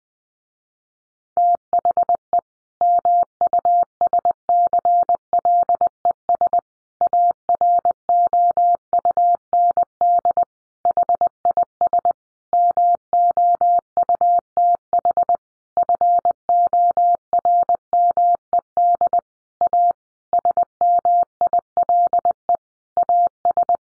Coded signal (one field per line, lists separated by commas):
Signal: Morse code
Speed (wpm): 20 wpm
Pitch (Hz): 700 Hz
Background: none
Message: THE MUSCLES AROUND HIS MOUTH FORMED A SMILE AS